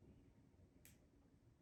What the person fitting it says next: There, you hear that little click?